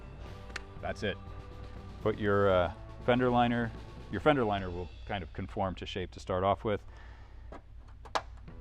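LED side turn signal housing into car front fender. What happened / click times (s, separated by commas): The plastic housing clipped into its opening / 0.6 s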